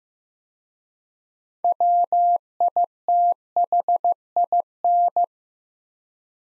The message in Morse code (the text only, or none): WITHIN